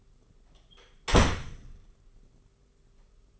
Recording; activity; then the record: daily activity, microphone in the room; close door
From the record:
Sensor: 4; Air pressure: 991.3 hPa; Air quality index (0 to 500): 133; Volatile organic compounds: 46 ppm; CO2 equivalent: 3247 ppm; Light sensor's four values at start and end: 15/36/14/16 and 9/22/8/9